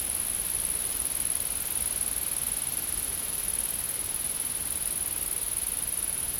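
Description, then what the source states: Insects produce an unbroken, shrill high-pitched whine that stays level throughout, above a faint hiss and low rumble. Insects recorded in a field.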